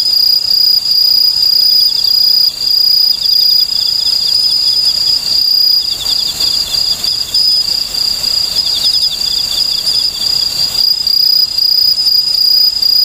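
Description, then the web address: Okame cricket song: bursts of rapid high chirps over a steady shrill insect drone. "sikioto insect okamekourogi"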